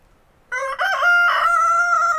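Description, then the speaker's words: Chicken: rooster crowing: after a brief silence, one loud crow begins in two choppy notes, then holds a long, steady, strained tone to the end. Rooster crowing in the morning at an alp hut in Val Gronda, Graubünden, Switzerland; crowing in vain as people are already awake; rainy and cold. "Hahn kräht vergeblich."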